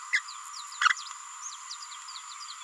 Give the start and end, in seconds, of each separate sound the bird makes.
0.82-0.92